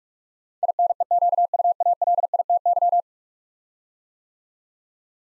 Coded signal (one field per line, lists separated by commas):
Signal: Morse code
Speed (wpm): 42 wpm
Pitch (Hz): 700 Hz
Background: none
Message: INEQUALITY